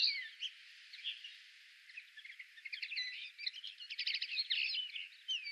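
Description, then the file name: European greenfinch with a few scattered notes and slurs at first, building into fast, bright twittering trills through the second half. "Chloris chloris"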